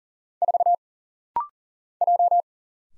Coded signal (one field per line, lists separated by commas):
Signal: Morse code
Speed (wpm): 40 wpm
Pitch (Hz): 700 Hz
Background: none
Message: 4 J